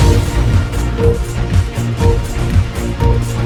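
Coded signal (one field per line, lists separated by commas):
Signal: none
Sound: three beeps in music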